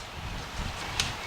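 A plastic quick connector on an engine hose line is lined up and pushed onto its fitting at the back of the engine of a Buick Rainier, Chevy Tahoe, GMC Yukon, Cadillac or Pontiac during a valve lifter and head gasket replacement. It snaps into place with a sharp click at 1.0 s over a low background rumble, followed by a smaller click at 1.3 s. The connector is seated.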